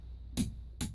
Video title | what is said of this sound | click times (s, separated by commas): AUSTIN A35 A SERIES ENGINE REBUILD PART NINE. | you hear that click stop don't don't do any more than that | 0.4 s, 0.8 s